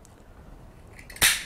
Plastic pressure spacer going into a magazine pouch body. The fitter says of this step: until it clicks into place at this point the spacer is held securely by the structure of the pouch